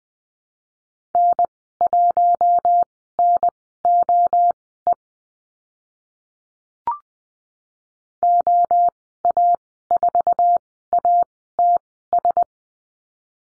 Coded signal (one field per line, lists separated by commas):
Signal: Morse code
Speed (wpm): 19 wpm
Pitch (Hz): 700 Hz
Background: none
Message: N1NOE OA4ATS